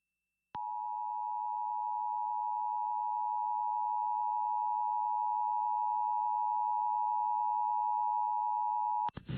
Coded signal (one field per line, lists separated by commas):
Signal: Emergency Alert System (SAME) tones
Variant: 853 and 960 Hz attention tone